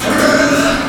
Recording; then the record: squeal of a Yucatan mini pig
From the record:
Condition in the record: after surgery on the right vocal fold (resection and tissue-engineered implant); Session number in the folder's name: 7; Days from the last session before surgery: 47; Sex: female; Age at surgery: 19 weeks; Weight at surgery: 25 kg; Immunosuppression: prednisolone